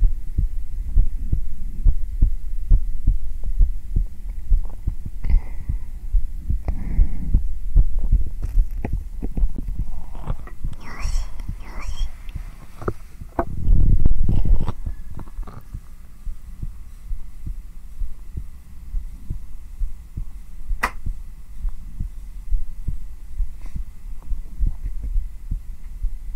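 Calming adult heartbeat heard on bare skin through a black 3Dio binaural microphone, ASMR style. Normal heartbeat.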